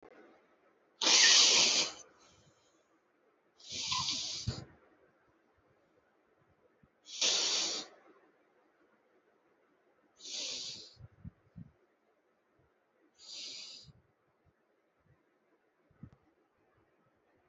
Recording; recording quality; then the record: deep breathing; excellent, no background noise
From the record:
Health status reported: respiratory illness, not identified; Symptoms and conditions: asthma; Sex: male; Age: 23 years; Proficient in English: yes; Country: India